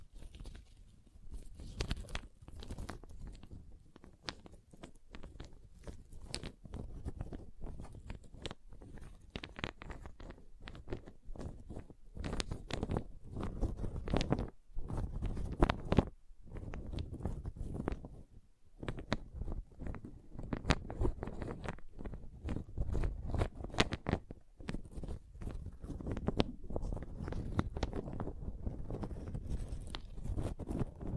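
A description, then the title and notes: Wooden tapping and scraping triggers in dense irregular clusters, mostly low and knocking, with brief pauses near 15 and 18 seconds. ASMR Calming Wood Triggers for Sleep (No Talking).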